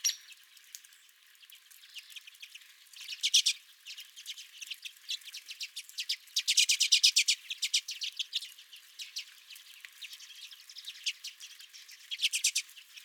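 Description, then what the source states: Redpolls in a flock give buzzy rattling chatters, a strong rapid series near the middle and another burst at the end. Several redpolls at the recordist's feeder.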